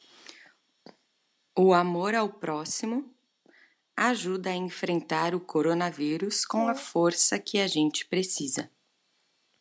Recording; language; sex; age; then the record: spoken sentence; Brazilian Portuguese; female; 30 to 39 years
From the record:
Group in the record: control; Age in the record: 35 years